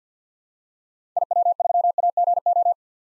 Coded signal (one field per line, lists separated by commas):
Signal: Morse code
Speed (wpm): 50 wpm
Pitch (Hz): 700 Hz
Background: none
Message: IW3AGO